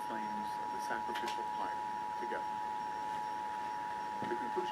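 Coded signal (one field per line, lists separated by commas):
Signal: Emergency Alert System (SAME) tones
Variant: 853 and 960 Hz attention tone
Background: speech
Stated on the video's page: Severe Thunderstorm Warning as aired on AM/FM broadcast radio during a line of strong to severe thunderstorms.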